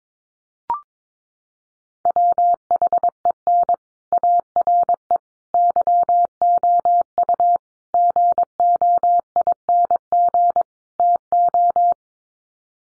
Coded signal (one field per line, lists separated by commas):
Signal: Morse code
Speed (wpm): 22 wpm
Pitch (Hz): 700 Hz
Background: none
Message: WHEN ARE YOU GOING TO